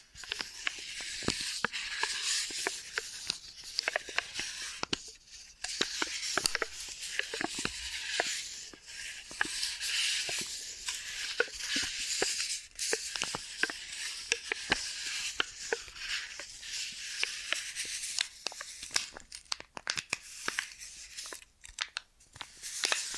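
Ear and scalp massage with continuous crisp rustling and scratching, bright and dense, broken by frequent sharp crackles and taps throughout.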